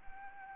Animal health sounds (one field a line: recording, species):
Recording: mosquito wingbeat signal from an infrared sensor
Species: Anopheles arabiensis